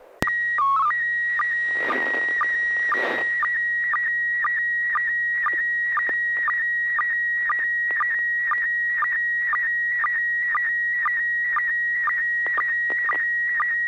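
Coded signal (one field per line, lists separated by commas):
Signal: SSTV (slow-scan television)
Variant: PD 120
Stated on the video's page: SSTV net on a 441.300 MHz FM repeater in Sacramento, sent with MMSSTV software.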